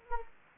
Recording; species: mosquito wingbeat signal from an infrared sensor; Anopheles arabiensis